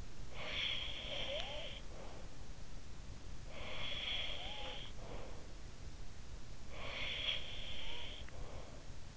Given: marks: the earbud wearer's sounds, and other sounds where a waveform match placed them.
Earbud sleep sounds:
sounds in sleep by an in-ear microphone; breath
0.06-2.86 s: breath
3.32-5.63 s: breath
6.41-9.17 s: breath

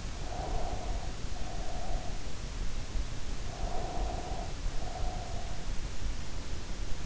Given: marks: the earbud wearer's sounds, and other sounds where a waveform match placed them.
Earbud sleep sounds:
sounds in sleep by an in-ear microphone; breath
0.22-2.30 s: breath
3.41-5.58 s: breath

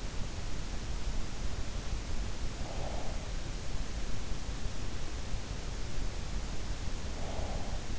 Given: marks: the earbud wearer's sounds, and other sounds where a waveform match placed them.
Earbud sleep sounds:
sounds in sleep by an in-ear microphone; breath
2.08-3.84 s: breath
6.47-7.90 s: breath

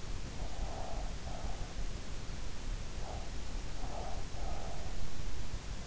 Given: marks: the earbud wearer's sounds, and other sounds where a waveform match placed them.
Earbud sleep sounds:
sounds in sleep by an in-ear microphone; breath
0.21-2.00 s: breath
2.88-4.93 s: breath

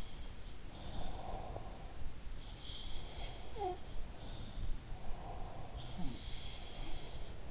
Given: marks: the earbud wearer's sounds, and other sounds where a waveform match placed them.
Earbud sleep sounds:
sounds in sleep by an in-ear microphone; breath
0.00-1.87 s: sound from someone else or the room
0.45-2.23 s: breath
2.58-7.51 s: sound from someone else or the room
4.77-7.51 s: breath

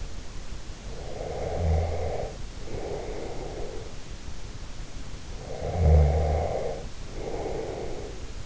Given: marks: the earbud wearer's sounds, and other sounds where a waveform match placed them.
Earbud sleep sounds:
sounds in sleep by an in-ear microphone; snoring breath
0.83-4.04 s: snoring breath
5.29-8.46 s: snoring breath

